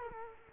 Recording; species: mosquito wingbeat signal from an infrared sensor; Culex quinquefasciatus